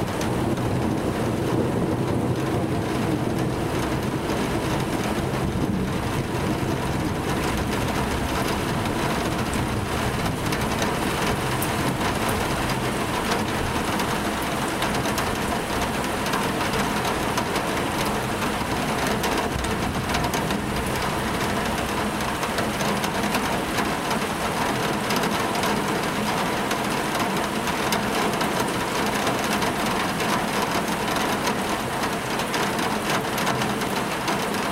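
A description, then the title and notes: Rain patters steadily against a window in a dense, unbroken wash that holds the same level for the whole stretch. A low, muffled rumble runs underneath, and the tapping sits mostly in the middle range rather than sounding bright or sharp. Thunderstorm Behind Glass: Natural Sounds of Rain Tapping on a Window. Experience the mesmerizing symphony of raindrops dancing against the glass, accompanied by the distant rumble of thunder.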